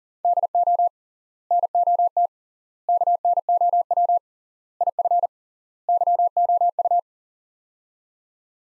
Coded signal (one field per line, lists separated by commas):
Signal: Morse code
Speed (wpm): 40 wpm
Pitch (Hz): 700 Hz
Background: none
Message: DO NOT KNOW IF YOU